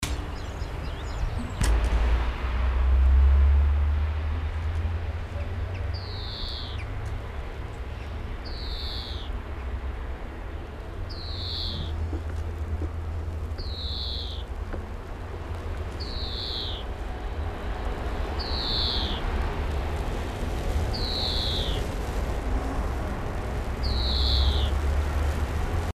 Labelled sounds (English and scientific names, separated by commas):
European Greenfinch (Chloris chloris) call